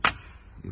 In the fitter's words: That's it. You hear that click. Once you hear that click, the last pin is in.